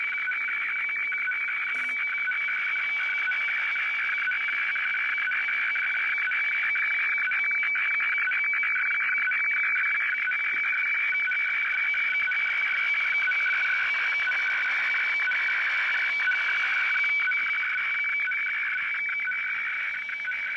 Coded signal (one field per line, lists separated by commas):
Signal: weather fax (radiofax)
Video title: Sony CRF-V21 receiving WEFAX - Shortwave radio DX